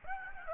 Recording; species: mosquito wingbeat signal from an infrared sensor; Aedes aegypti